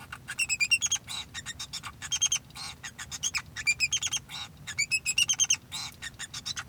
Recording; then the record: song of a male Bengalese finch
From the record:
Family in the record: son of father 2